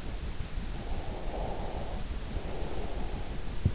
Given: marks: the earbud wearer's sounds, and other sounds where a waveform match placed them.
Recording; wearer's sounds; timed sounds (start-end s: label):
sounds in sleep by an in-ear microphone; breath
0.59-3.74 s: breath